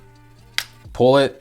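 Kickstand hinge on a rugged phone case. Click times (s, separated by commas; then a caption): 0.6 s. The kickstand hinge on a plastic Poetic Spartan rugged phone case for the Samsung Galaxy S21 / S21+ / S21 Ultra is pulled all the way down and gives a sharp click at 0.6 s, locking into place. A low, steady tonal hum runs underneath, and someone talks briefly near the end.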